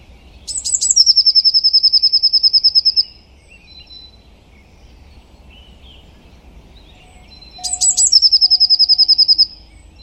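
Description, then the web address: Bird song: high sharp notes followed by a long, rapid trill, heard twice about seven seconds apart. "cianscape birddata Deverinetal 2025 File origin Bird Only Cy Ca"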